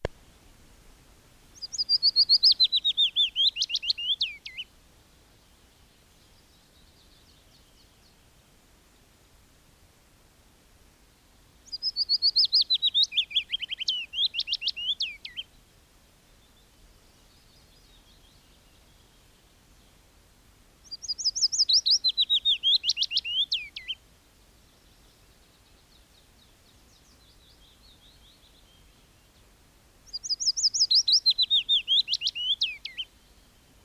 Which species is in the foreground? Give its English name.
Willow Warbler